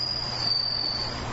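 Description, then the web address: Bell cricket song, a sustained high metallic trill with slight wavers, above a steady low hum. Bell cricket recorded with morning glories on 29 August 2015. "鈴虫さんと朝顔 H 27 8 29"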